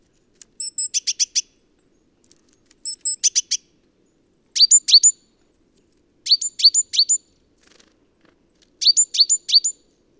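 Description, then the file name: Great tit giving bursts of sharp, high chirping notes in quick series, each burst of four to six notes, repeated every two seconds or so. "Parus major"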